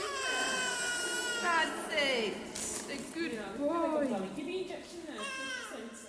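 High-pitched, tense wailing comes in several short bursts, with pitch sliding up and down and a strained, slightly rough edge. It is a newborn's first cry just after birth, the couple's first child, in a delivery room in Birmingham, England, heard over faint room noise.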